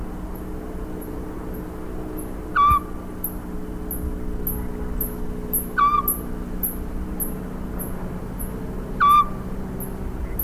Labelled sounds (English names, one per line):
Eurasian Scops Owl